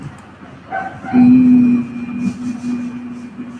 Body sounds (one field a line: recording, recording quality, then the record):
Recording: sustained vowel as in beet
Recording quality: excellent, no background noise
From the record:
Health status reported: healthy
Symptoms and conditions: cough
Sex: male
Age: 23 years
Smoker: yes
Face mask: not worn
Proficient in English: yes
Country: India